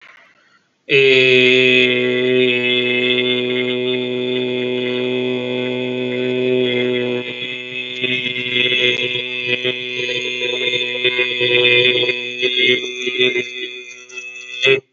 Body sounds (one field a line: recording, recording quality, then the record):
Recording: sustained vowel as in made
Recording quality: excellent, no background noise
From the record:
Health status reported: healthy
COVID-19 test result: negative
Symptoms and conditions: cold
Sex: male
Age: 23 years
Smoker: not ticked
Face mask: not worn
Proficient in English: yes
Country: India